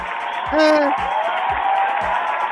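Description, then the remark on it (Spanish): A brief automatic applause sound effect played on a program: a dense, steady wash of clapping and crowd cheer with a quick rising whoop near the start, lasting a couple of seconds at moderate loudness. “Yo te daría un aplauso, pero tenemos aplausos automáticos acá.”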